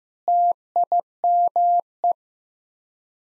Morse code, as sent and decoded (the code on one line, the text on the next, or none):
- .. -- .
TIME